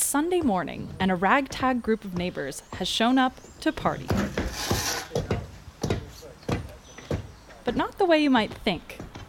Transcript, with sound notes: Sunday morning, and a rag tag group of neighbors has shown up to party. [sfx sledgehammer] But not the way you might think.